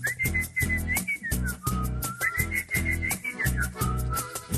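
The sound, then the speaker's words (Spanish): A bright, wavering whistled melody, whistling only the music in place of singing the song, glides over a steady backing of rhythmic music with a strong beat, the tune sliding between notes in short phrases. “Y en vez de la cancioncita, solo la música chifló.”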